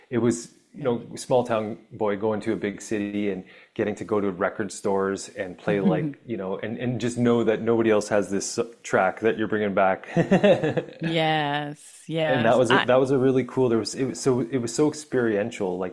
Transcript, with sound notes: So, it was, you know, small town boy going to a big city and getting to go to record stores and play-
Mm-hmm.
... like, you know, and, and just know that nobody else has this s- track that you're bringing back. (laughs)
Yes. Yes. I-
And that was, that was a really cool... There was... It was so, it was so experiential.